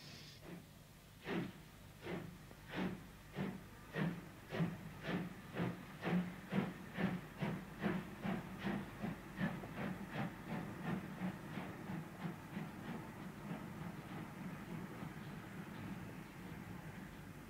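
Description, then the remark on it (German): A steam train hisses and chuffs along the rails, its loud rhythmic puffs quickening at first and then settling into a steady beat over a constant hissing rumble. “Entschuldigen Sie bitte, ich lasse den Zug sofort zurück nach Astapo.”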